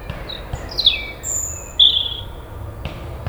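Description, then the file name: European robin song: a high sliding whistle dropping in pitch, a very high thin note, then a bright warbled phrase, with soft background noise. "Erithacus rubecula"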